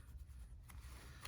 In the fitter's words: lock into place did you hear that so once you hear it locked into place then go ahead and press